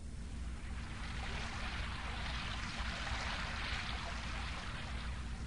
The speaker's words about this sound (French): Il pleut. Écoutez Marie et Michel. Oh, Michel, regardez comme il pleut. Oui, il pleut beaucoup.